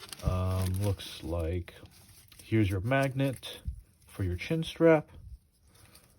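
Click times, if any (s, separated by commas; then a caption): none. Someone talks while handling the two halves of the magnetic chin strap buckle on a Hard Head Veterans High Cut ATE ballistic helmet, with a few faint, short handling sounds near the end. The buckle halves have not yet been brought together, and nothing has snapped shut or clicked yet.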